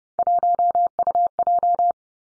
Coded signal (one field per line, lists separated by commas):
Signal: Morse code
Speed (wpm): 30 wpm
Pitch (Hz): 700 Hz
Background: none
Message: 1UJ